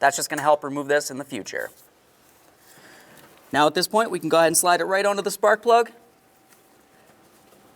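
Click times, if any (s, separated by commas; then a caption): none. A spark plug wire boot, its rubber coated with a little dielectric grease, is slid onto and lined up with the spark plug on a 2006-2010 Ford Explorer before being pushed home. Someone talks through most of the clip, with quiet stretches around 2–3.5 s and after 6 s. Nothing has clicked or seated yet.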